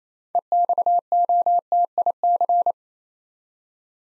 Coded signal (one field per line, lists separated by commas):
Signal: Morse code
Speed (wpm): 27 wpm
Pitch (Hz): 700 Hz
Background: none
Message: EXOTIC